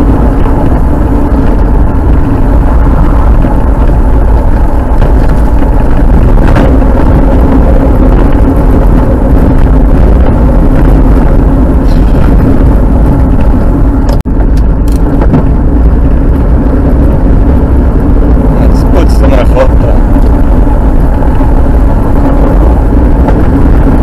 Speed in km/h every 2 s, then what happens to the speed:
44, 41, 39, 38, 34, 33, 30, 29, 29, 35, 39, 39.
0-13 slows to 29. 17-24 speeds up to 39.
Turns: none.